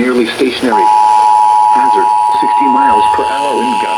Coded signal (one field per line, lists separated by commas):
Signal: Emergency Alert System (SAME) tones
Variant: 853 and 960 Hz attention tone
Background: speech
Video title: Marginal Risk Chaos (EAS Alerts from 7/6/2026) (EAS #971-1026)